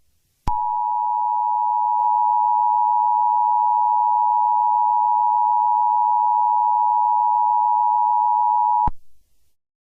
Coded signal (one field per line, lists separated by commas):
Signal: Emergency Alert System (SAME) tones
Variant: 853 and 960 Hz attention tone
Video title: EAS scenario 19: Herobrine 4: Mrs. Herobrine’s revenge